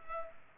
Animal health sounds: mosquito wingbeat signal from an infrared sensor; Culex pipiens

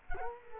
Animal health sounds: mosquito wingbeat signal from an infrared sensor; Culex quinquefasciatus

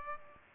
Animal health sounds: mosquito wingbeat signal from an infrared sensor; Aedes aegypti

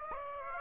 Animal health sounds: mosquito wingbeat signal from an infrared sensor; Aedes aegypti

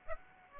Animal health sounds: mosquito wingbeat signal from an infrared sensor; Aedes aegypti

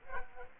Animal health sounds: mosquito wingbeat signal from an infrared sensor; Culex quinquefasciatus

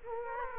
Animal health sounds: mosquito wingbeat signal from an infrared sensor; Culex quinquefasciatus

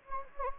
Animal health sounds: mosquito wingbeat signal from an infrared sensor; Anopheles gambiae

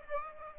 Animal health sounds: mosquito wingbeat signal from an infrared sensor; Aedes aegypti

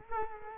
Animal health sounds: mosquito wingbeat signal from an infrared sensor; Culex quinquefasciatus

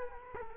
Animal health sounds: mosquito wingbeat signal from an infrared sensor; Culex quinquefasciatus

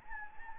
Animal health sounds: mosquito wingbeat signal from an infrared sensor; Anopheles gambiae

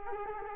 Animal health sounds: mosquito wingbeat signal from an infrared sensor; Culex quinquefasciatus

